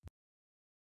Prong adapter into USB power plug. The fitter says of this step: assemble the plug by lining up the USA adapter with the slots and rotating clockwise until it clicks